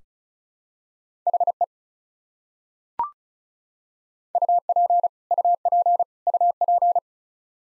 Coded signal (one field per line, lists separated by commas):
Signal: Morse code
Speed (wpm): 36 wpm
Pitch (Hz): 700 Hz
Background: none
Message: HE UP UP UP